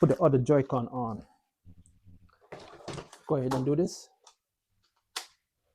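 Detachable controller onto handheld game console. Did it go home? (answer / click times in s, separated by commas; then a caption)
yes / 5.2 s. Someone talks while attaching the other Joy-Con controller to the opposite side of a Nintendo Switch 2 handheld console, with soft handling clicks and rustles from about 1.9 to 3.1 s. A single sharp snap at 5.2 s marks the controller seating firmly onto the console.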